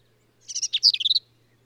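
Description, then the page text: Black-capped vireo single phrase: a quick stuttered opening, then a tumbling run of squeaky notes. Male singing, same individual throughout; endangered species; phrases sung alone, truncated, embellished or run together; Kerr Wildlife Management Area, Hunt, Texas hill country. "Birdsong for the Curious Naturalist. Black-capped vireo"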